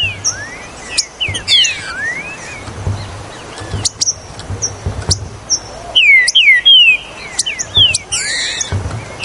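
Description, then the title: Green-winged saltator singing a strong phrase of several falling, whistled notes near the end, after a stretch of mixed chirps and clicks. "Trinca Ferro"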